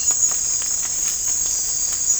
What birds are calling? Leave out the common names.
none